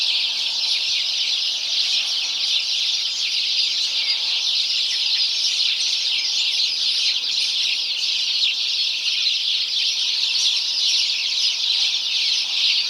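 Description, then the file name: House sparrow chorus: a large group chirping nonstop, high twittering calls piling over one another at an even level throughout. "Passer domesticus"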